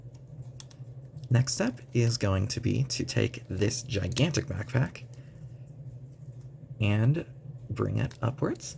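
Someone talks while handling the large plastic backpack piece of a transforming robot toy, about to swing it upward onto the round pegs on the robot body. A few faint, sharp plastic ticks are heard near 0.6 and 0.7 s under the talking. Nothing has clicked or seated yet when the clip ends.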